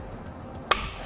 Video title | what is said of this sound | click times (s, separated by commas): etrailer - How to Set Up Your Thule WingBar Evo Roof Rack for Naked Roofs on a 2015 Toyota RAV4 | you hear that click it's gonna let you know it's tight enough | 0.7 s